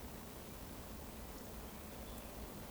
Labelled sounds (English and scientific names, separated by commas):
Eurasian Woodcock (Scolopax rusticola) whistle